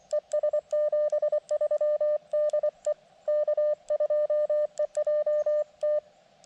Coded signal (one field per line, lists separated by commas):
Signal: Morse code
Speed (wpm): 24 wpm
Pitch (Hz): 600 Hz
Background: radio noise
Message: ES 73 DE K2EJT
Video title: QRP CW POTA at US-5221 with the KX2